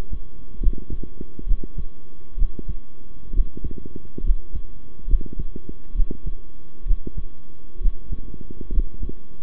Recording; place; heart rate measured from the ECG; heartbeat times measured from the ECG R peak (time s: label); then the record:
heart sounds by stethoscope; between the tricuspid and mitral areas; 67 bpm
0.60 s: heartbeat
1.46 s: heartbeat
2.37 s: heartbeat
3.33 s: heartbeat
4.23 s: heartbeat
5.07 s: heartbeat
5.94 s: heartbeat
6.85 s: heartbeat
7.80 s: heartbeat
8.71 s: heartbeat
From the record:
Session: rest, sitting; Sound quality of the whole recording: good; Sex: male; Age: 23 years